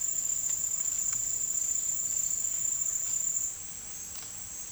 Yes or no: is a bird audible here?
no